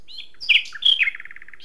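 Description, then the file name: Common nightingale phrase: pure sliding whistles and a couple of harsh notes, ending in a quick trill of several rapidly repeated lower notes. "Luscinia megarhynchos"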